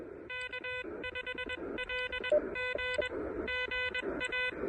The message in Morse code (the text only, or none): K5LG GA